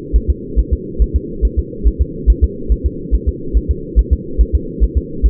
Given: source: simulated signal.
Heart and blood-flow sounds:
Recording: fetal heart sounds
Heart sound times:
0.16 s: S1
0.30 s: S2
0.59 s: S1
0.73 s: S2
1.02 s: S1
1.16 s: S2
1.45 s: S1
1.59 s: S2
1.88 s: S1
2.01 s: S2
2.30 s: S1
2.44 s: S2
2.72 s: S1
2.86 s: S2
3.14 s: S1
3.28 s: S2
3.57 s: S1
3.71 s: S2
3.99 s: S1
4.13 s: S2
4.41 s: S1
4.55 s: S2
4.83 s: S1
4.97 s: S2
5.26 s: S1
From the record:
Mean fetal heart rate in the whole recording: 140 bpm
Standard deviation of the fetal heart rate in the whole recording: 2 bpm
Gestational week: 34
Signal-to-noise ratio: -4.3 dB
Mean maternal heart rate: 72 bpm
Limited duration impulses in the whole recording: absent

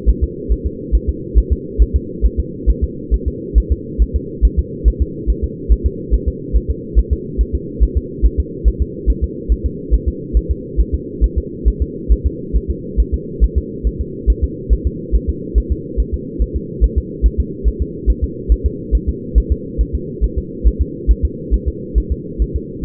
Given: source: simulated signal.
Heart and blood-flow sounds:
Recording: fetal heart sounds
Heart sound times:
0.09 s: S1
0.23 s: S2
0.52 s: S1
0.66 s: S2
0.95 s: S1
1.09 s: S2
1.38 s: S1
1.52 s: S2
1.82 s: S1
1.96 s: S2
2.26 s: S1
2.40 s: S2
2.70 s: S1
2.84 s: S2
3.14 s: S1
3.28 s: S2
3.58 s: S1
3.72 s: S2
4.02 s: S1
4.16 s: S2
4.45 s: S1
4.59 s: S2
4.88 s: S1
5.02 s: S2
5.30 s: S1
5.44 s: S2
5.72 s: S1
5.86 s: S2
6.14 s: S1
6.28 s: S2
6.56 s: S1
6.70 s: S2
6.99 s: S1
7.13 s: S2
7.41 s: S1
7.55 s: S2
7.83 s: S1
7.97 s: S2
8.26 s: S1
8.40 s: S2
8.68 s: S1
8.82 s: S2
9.10 s: S1
9.24 s: S2
9.52 s: S1
9.66 s: S2
9.94 s: S1
10.08 s: S2
10.37 s: S1
10.51 s: S2
10.80 s: S1
10.95 s: S2
11.24 s: S1
11.38 s: S2
11.68 s: S1
11.82 s: S2
12.12 s: S1
12.26 s: S2
12.56 s: S1
12.70 s: S2
13.00 s: S1
13.14 s: S2
13.44 s: S1
13.58 s: S2
13.87 s: S1
14.01 s: S2
14.30 s: S1
14.44 s: S2
14.73 s: S1
14.87 s: S2
15.15 s: S1
15.30 s: S2
15.58 s: S1
15.72 s: S2
16.00 s: S1
16.14 s: S2
16.42 s: S1
16.56 s: S2
16.84 s: S1
16.98 s: S2
17.26 s: S1
17.40 s: S2
17.68 s: S1
17.82 s: S2
18.10 s: S1
18.24 s: S2
18.52 s: S1
18.66 s: S2
18.95 s: S1
19.09 s: S2
19.38 s: S1
19.52 s: S2
19.81 s: S1
19.95 s: S2
20.24 s: S1
20.38 s: S2
20.67 s: S1
20.82 s: S2
21.11 s: S1
21.25 s: S2
21.54 s: S1
21.68 s: S2
21.98 s: S1
22.12 s: S2
22.42 s: S1
22.56 s: S2
From the record:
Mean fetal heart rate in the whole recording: 140 bpm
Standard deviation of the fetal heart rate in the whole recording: 2 bpm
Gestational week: 34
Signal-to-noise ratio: -4.1 dB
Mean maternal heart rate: no maternal heart sound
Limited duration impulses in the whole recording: absent

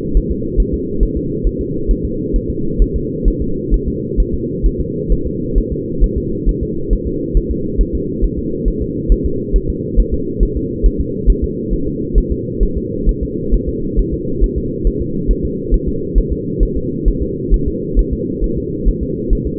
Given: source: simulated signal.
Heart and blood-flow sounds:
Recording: fetal heart sounds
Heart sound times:
0.17 s: S1
0.31 s: S2
0.60 s: S1
0.74 s: S2
1.03 s: S1
1.17 s: S2
1.47 s: S1
1.61 s: S2
1.91 s: S1
2.05 s: S2
2.36 s: S1
2.50 s: S2
2.82 s: S1
2.96 s: S2
3.28 s: S1
3.42 s: S2
3.74 s: S1
3.88 s: S2
4.20 s: S1
4.34 s: S2
4.66 s: S1
4.81 s: S2
5.12 s: S1
5.27 s: S2
5.58 s: S1
5.72 s: S2
6.04 s: S1
6.18 s: S2
6.49 s: S1
6.63 s: S2
6.93 s: S1
7.07 s: S2
7.37 s: S1
7.51 s: S2
7.81 s: S1
7.95 s: S2
8.24 s: S1
8.39 s: S2
8.68 s: S1
8.82 s: S2
9.12 s: S1
9.26 s: S2
9.56 s: S1
9.70 s: S2
10.00 s: S1
10.14 s: S2
10.43 s: S1
10.57 s: S2
10.86 s: S1
11.01 s: S2
11.30 s: S1
11.44 s: S2
11.74 s: S1
11.88 s: S2
12.18 s: S1
12.32 s: S2
12.63 s: S1
12.77 s: S2
13.09 s: S1
13.23 s: S2
13.54 s: S1
13.69 s: S2
13.99 s: S1
14.14 s: S2
14.44 s: S1
14.58 s: S2
14.87 s: S1
15.02 s: S2
15.31 s: S1
15.45 s: S2
15.74 s: S1
15.88 s: S2
16.18 s: S1
16.33 s: S2
16.63 s: S1
16.77 s: S2
17.08 s: S1
17.23 s: S2
17.54 s: S1
17.68 s: S2
17.99 s: S1
18.13 s: S2
18.44 s: S1
18.58 s: S2
18.89 s: S1
19.03 s: S2
19.33 s: S1
19.47 s: S2
From the record:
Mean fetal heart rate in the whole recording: 135 bpm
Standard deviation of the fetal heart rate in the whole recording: 3 bpm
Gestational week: 36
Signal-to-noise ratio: -6.6 dB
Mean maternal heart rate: 72 bpm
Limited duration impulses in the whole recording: present

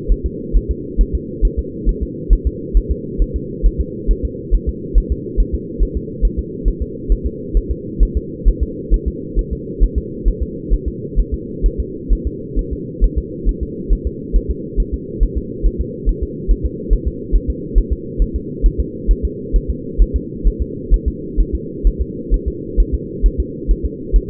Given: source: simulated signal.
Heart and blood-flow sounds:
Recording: fetal heart sounds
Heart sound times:
0.12 s: S1
0.26 s: S2
0.57 s: S1
0.71 s: S2
1.01 s: S1
1.15 s: S2
1.45 s: S1
1.59 s: S2
1.89 s: S1
2.03 s: S2
2.33 s: S1
2.47 s: S2
2.77 s: S1
2.91 s: S2
3.22 s: S1
3.36 s: S2
3.66 s: S1
3.81 s: S2
4.11 s: S1
4.25 s: S2
4.55 s: S1
4.69 s: S2
4.98 s: S1
5.12 s: S2
5.40 s: S1
5.54 s: S2
5.83 s: S1
5.97 s: S2
6.25 s: S1
6.39 s: S2
6.68 s: S1
6.82 s: S2
7.12 s: S1
7.26 s: S2
7.57 s: S1
7.71 s: S2
8.03 s: S1
8.17 s: S2
8.48 s: S1
8.63 s: S2
8.94 s: S1
9.08 s: S2
9.39 s: S1
9.53 s: S2
9.83 s: S1
9.98 s: S2
10.28 s: S1
10.42 s: S2
10.74 s: S1
10.88 s: S2
11.19 s: S1
11.34 s: S2
11.66 s: S1
11.80 s: S2
12.13 s: S1
12.27 s: S2
12.59 s: S1
12.73 s: S2
13.04 s: S1
13.18 s: S2
13.49 s: S1
13.63 s: S2
13.93 s: S1
14.07 s: S2
14.36 s: S1
14.51 s: S2
14.80 s: S1
14.94 s: S2
15.23 s: S1
15.38 s: S2
15.66 s: S1
15.81 s: S2
16.09 s: S1
16.23 s: S2
16.51 s: S1
16.65 s: S2
16.93 s: S1
17.07 s: S2
17.36 s: S1
17.50 s: S2
17.78 s: S1
17.93 s: S2
18.22 s: S1
18.36 s: S2
18.66 s: S1
18.80 s: S2
19.11 s: S1
19.25 s: S2
19.56 s: S1
19.70 s: S2
20.02 s: S1
20.16 s: S2
20.47 s: S1
20.62 s: S2
20.94 s: S1
21.08 s: S2
21.40 s: S1
21.55 s: S2
21.87 s: S1
22.02 s: S2
22.34 s: S1
22.48 s: S2
22.80 s: S1
22.94 s: S2
23.26 s: S1
23.40 s: S2
23.71 s: S1
23.86 s: S2
24.16 s: S1
From the record:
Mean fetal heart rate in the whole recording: 135 bpm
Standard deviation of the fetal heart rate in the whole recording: 3 bpm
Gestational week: 36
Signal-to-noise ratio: -4.1 dB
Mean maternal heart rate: no maternal heart sound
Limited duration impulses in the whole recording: absent

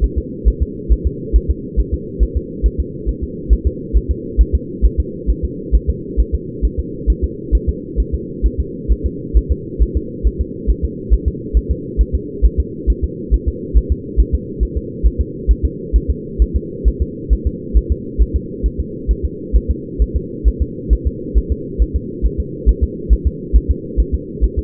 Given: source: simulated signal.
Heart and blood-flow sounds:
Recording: fetal heart sounds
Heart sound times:
0.04 s: S1
0.18 s: S2
0.48 s: S1
0.62 s: S2
0.93 s: S1
1.07 s: S2
1.36 s: S1
1.50 s: S2
1.80 s: S1
1.94 s: S2
2.23 s: S1
2.37 s: S2
2.66 s: S1
2.80 s: S2
3.09 s: S1
3.23 s: S2
3.53 s: S1
3.67 s: S2
3.97 s: S1
4.11 s: S2
4.41 s: S1
4.55 s: S2
4.85 s: S1
5.00 s: S2
5.30 s: S1
5.45 s: S2
5.75 s: S1
5.90 s: S2
6.20 s: S1
6.35 s: S2
6.65 s: S1
6.79 s: S2
7.10 s: S1
7.24 s: S2
7.55 s: S1
7.69 s: S2
8.00 s: S1
8.14 s: S2
8.46 s: S1
8.60 s: S2
8.92 s: S1
9.06 s: S2
9.37 s: S1
9.52 s: S2
9.82 s: S1
9.97 s: S2
10.27 s: S1
10.41 s: S2
10.70 s: S1
10.85 s: S2
11.14 s: S1
11.28 s: S2
11.57 s: S1
11.71 s: S2
12.01 s: S1
12.15 s: S2
12.45 s: S1
12.60 s: S2
12.90 s: S1
13.04 s: S2
13.34 s: S1
13.48 s: S2
13.78 s: S1
13.92 s: S2
14.20 s: S1
14.35 s: S2
14.63 s: S1
14.77 s: S2
15.06 s: S1
15.21 s: S2
15.51 s: S1
15.65 s: S2
15.96 s: S1
16.10 s: S2
16.42 s: S1
16.56 s: S2
16.88 s: S1
17.02 s: S2
17.33 s: S1
17.47 s: S2
17.77 s: S1
17.92 s: S2
18.22 s: S1
18.36 s: S2
18.66 s: S1
18.80 s: S2
19.11 s: S1
19.25 s: S2
19.56 s: S1
19.71 s: S2
20.02 s: S1
20.16 s: S2
20.48 s: S1
20.62 s: S2
20.93 s: S1
21.07 s: S2
21.38 s: S1
21.52 s: S2
21.82 s: S1
21.96 s: S2
22.26 s: S1
22.40 s: S2
22.69 s: S1
22.84 s: S2
23.13 s: S1
23.27 s: S2
23.56 s: S1
23.71 s: S2
24.00 s: S1
24.14 s: S2
24.44 s: S1
24.59 s: S2
From the record:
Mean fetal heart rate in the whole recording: 135 bpm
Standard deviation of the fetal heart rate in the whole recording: 3 bpm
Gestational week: 34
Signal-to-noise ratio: -4.1 dB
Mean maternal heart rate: no maternal heart sound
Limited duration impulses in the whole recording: absent

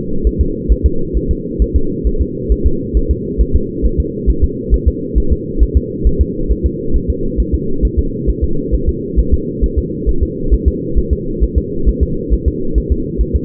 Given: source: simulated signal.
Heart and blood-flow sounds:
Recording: fetal heart sounds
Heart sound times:
0.27 s: S1
0.41 s: S2
0.72 s: S1
0.86 s: S2
1.17 s: S1
1.31 s: S2
1.62 s: S1
1.76 s: S2
2.07 s: S1
2.21 s: S2
2.52 s: S1
2.66 s: S2
2.97 s: S1
3.11 s: S2
3.41 s: S1
3.56 s: S2
3.86 s: S1
4.00 s: S2
4.30 s: S1
4.44 s: S2
4.74 s: S1
4.88 s: S2
5.18 s: S1
5.32 s: S2
5.63 s: S1
5.77 s: S2
6.07 s: S1
6.21 s: S2
6.51 s: S1
6.66 s: S2
6.96 s: S1
7.10 s: S2
7.40 s: S1
7.54 s: S2
7.85 s: S1
7.99 s: S2
8.30 s: S1
8.44 s: S2
8.74 s: S1
8.89 s: S2
9.19 s: S1
9.34 s: S2
9.64 s: S1
9.78 s: S2
10.09 s: S1
10.23 s: S2
10.54 s: S1
10.68 s: S2
10.98 s: S1
11.13 s: S2
11.44 s: S1
11.58 s: S2
11.89 s: S1
12.03 s: S2
12.34 s: S1
12.48 s: S2
12.78 s: S1
12.92 s: S2
13.21 s: S1
13.36 s: S2
From the record:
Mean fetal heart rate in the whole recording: 135 bpm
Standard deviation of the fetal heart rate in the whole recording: 3 bpm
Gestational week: 34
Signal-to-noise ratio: -8.1 dB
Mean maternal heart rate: 72 bpm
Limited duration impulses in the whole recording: absent

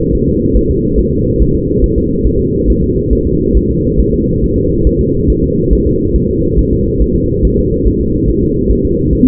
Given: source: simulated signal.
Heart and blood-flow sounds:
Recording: fetal heart sounds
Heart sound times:
0.15 s: S1
0.29 s: S2
0.57 s: S1
0.71 s: S2
0.99 s: S1
1.13 s: S2
1.42 s: S1
1.56 s: S2
1.84 s: S1
1.98 s: S2
2.27 s: S1
2.40 s: S2
2.70 s: S1
2.84 s: S2
3.13 s: S1
3.27 s: S2
3.57 s: S1
3.71 s: S2
4.00 s: S1
4.14 s: S2
4.44 s: S1
4.58 s: S2
4.87 s: S1
5.01 s: S2
5.30 s: S1
5.44 s: S2
5.73 s: S1
5.87 s: S2
6.16 s: S1
6.30 s: S2
6.59 s: S1
6.73 s: S2
7.02 s: S1
7.16 s: S2
7.45 s: S1
7.59 s: S2
7.88 s: S1
8.01 s: S2
8.30 s: S1
8.43 s: S2
8.71 s: S1
8.85 s: S2
9.13 s: S1
9.27 s: S2
From the record:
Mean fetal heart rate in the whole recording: 140 bpm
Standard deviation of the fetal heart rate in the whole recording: 2 bpm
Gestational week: 34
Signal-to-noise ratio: -10.2 dB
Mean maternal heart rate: 72 bpm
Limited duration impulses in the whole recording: present

